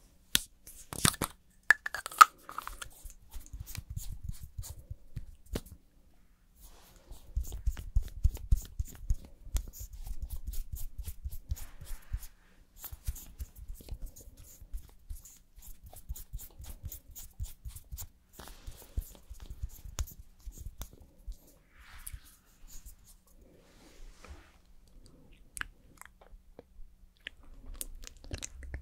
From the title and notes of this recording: ASMR Doing Your Makeup and Hair Styling for Party(No Talking).